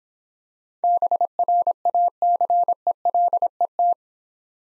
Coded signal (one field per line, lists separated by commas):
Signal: Morse code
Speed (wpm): 26 wpm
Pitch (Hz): 700 Hz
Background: none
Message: BRACELET